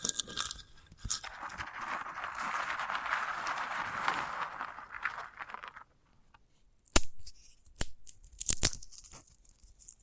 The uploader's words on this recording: ASMR of a Sunflower Head (No Talking).